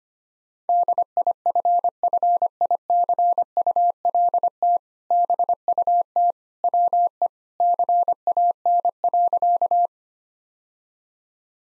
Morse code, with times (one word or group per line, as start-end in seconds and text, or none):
0.7-4.8 DIFFICULT
5.1-6.3 BUT
6.6-7.3 WE
7.6-9.9 CAN.